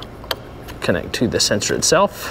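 A plastic safety latch (connector position assurance) on a wiring harness connector is pushed closed after plugging in, during an EZX installation on a 2013-2018 Ram Cummins. A sharp click at 0.3 s marks the latch closing, and then someone talks.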